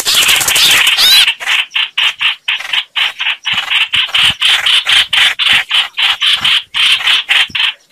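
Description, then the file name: Red-whiskered bulbul in distress, opening with a wavering squeal, then a steady series of short, harsh rasps. Distress call, described as crying for help. "Tieng trao trao keu cuu"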